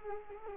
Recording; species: mosquito wingbeat signal from an infrared sensor; Culex quinquefasciatus